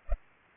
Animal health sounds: mosquito wingbeat signal from an infrared sensor; Culex pipiens

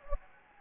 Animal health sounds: mosquito wingbeat signal from an infrared sensor; Anopheles gambiae

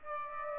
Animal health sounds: mosquito wingbeat signal from an infrared sensor; Aedes aegypti

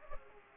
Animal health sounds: mosquito wingbeat signal from an infrared sensor; Aedes aegypti

